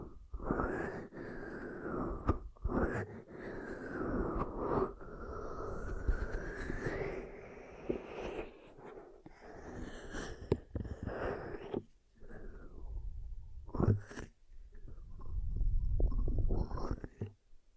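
Ear cupping sounds: a muffled, rushing hum that swells and fades, with a rising and falling whistling tone through the first eight seconds. Sharp thumps and taps break in every second or two, and near twelve seconds the sound drops nearly silent before low rumbling returns.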